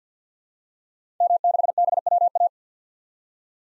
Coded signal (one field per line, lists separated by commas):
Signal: Morse code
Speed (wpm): 50 wpm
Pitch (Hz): 700 Hz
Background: none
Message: M6BWA